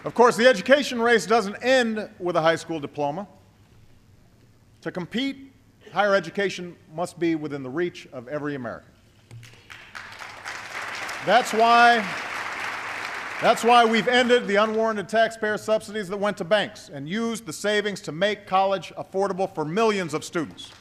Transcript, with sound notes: Of course, the education race doesn’t end with a high school diploma. To compete, higher education must be within the reach of every American. (Applause.) That’s why we’ve ended the unwarranted taxpayer subsidies that went to banks, and used the savings to make college affordable for millions of students.